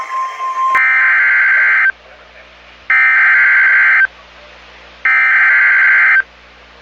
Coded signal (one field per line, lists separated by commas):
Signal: Emergency Alert System (SAME) tones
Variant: header bursts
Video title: STARTING OFF WITH A BANG... || EAS Alerts from January 2023 (EAS #1,535-1,573)